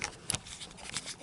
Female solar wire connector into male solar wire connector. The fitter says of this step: push it until it snaps